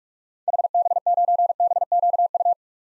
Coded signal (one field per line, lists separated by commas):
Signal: Morse code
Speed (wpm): 46 wpm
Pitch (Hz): 700 Hz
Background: none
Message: HB9BQU